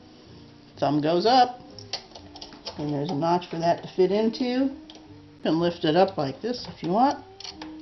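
A bobbin is handled near the class 15 shuttle of a vintage Kingston Precision Synchro-Matic sewing machine, its thumb tab meant to point up into the shuttle's notch. Someone talks throughout, with a few faint light ticks of handling between the phrases. Nothing has seated or clicked yet by the end of the clip.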